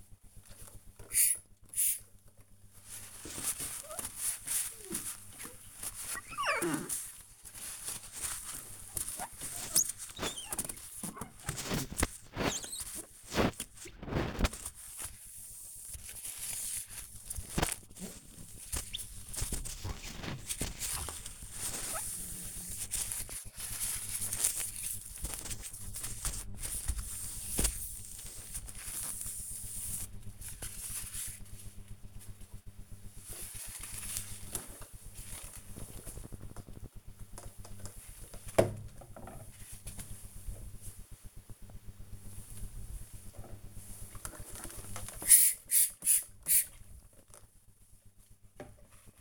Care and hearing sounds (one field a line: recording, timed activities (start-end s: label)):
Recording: household activities, microphone on the right wrist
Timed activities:
0.00-31.31 s: window cleaning
41.36-49.21 s: window cleaning